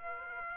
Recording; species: mosquito wingbeat signal from an infrared sensor; Aedes aegypti